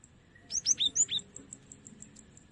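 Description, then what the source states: Cinereous tit giving one brief phrase of about five high, bright notes, followed by faint soft ticking over a low background hum. Tutor song used for training songbirds.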